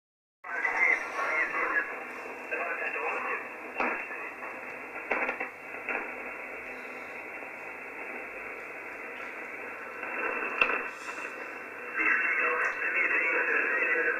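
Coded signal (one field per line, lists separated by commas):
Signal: coded military voice message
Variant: UVB-76, Russian voice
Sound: a voice reading a message over a narrow, hissy shortwave channel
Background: radio static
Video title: UVB-76, "The Buzzer", 4625 kHz, Encrypted transmission in Russian, UTC 2015-10-29 17:17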